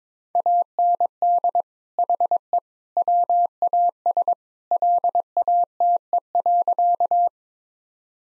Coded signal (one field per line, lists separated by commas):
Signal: Morse code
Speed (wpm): 22 wpm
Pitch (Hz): 700 Hz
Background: none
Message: AND HE WAS LATE.